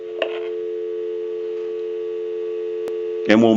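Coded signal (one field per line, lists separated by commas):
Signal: telephone call progress tone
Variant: North America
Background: speech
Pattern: dial tone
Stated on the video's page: Tones heard during initial checkout and repair of a Siemens rotary desk telephone.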